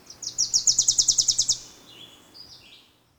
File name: Wilson's Warbler